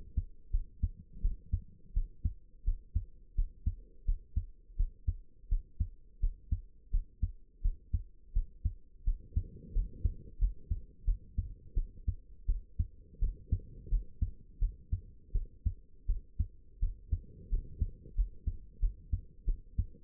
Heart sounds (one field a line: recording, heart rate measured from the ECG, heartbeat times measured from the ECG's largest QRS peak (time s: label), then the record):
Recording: heart sounds by stethoscope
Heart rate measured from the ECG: 86 bpm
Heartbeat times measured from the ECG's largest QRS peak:
0.51 s: heartbeat
1.22 s: heartbeat
1.94 s: heartbeat
2.65 s: heartbeat
3.35 s: heartbeat
4.05 s: heartbeat
4.77 s: heartbeat
5.49 s: heartbeat
6.20 s: heartbeat
6.91 s: heartbeat
7.62 s: heartbeat
8.33 s: heartbeat
9.04 s: heartbeat
9.73 s: heartbeat
10.39 s: heartbeat
11.05 s: heartbeat
11.75 s: heartbeat
12.46 s: heartbeat
13.20 s: heartbeat
13.89 s: heartbeat
14.59 s: heartbeat
15.33 s: heartbeat
16.07 s: heartbeat
16.80 s: heartbeat
17.50 s: heartbeat
18.15 s: heartbeat
18.80 s: heartbeat
19.45 s: heartbeat
From the record:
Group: healthy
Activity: rest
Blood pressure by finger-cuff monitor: 89/49 mmHg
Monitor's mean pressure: 64 mmHg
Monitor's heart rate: 85 bpm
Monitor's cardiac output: 8.3 L/min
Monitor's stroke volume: 96 mL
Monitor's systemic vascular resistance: 550 dyn s/cm5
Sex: female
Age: 22 years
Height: 161 cm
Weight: 65.5 kg